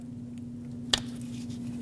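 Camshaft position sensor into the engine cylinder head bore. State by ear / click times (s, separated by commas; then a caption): seated / 0.9 s. A new camshaft position sensor with an oiled rubber O-ring is pushed by hand into the metal bore in the cylinder head of a 2006-2015 Lexus IS250 engine. Over a steady low hum, a sharp click at 0.9 s marks the sensor bottoming out, with faint ticks around it. The sensor is fully seated.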